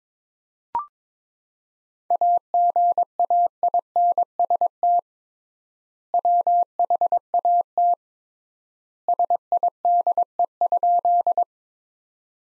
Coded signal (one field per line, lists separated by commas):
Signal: Morse code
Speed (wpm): 22 wpm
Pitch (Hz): 700 Hz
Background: none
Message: AGAINST WHAT SIDE?